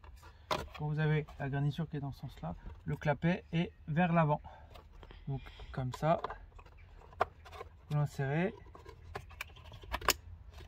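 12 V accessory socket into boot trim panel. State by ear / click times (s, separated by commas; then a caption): seated / 10.1 s. Someone talks while a new 12 V cigarette-lighter socket is pushed into the plastic boot trim panel of a Peugeot 308 II, with light handling taps and clicks between about 6.6 and 9.9 s. A sharp click at 10.1 s is the socket clipping into the trim, after which it is seated and no longer moves.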